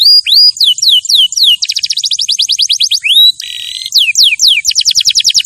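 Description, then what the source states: Canary giving bright descending whistles, a rapid even trill, a short buzzy phrase, then more swooping notes and trilling. Champion canary song for training other birds to sing.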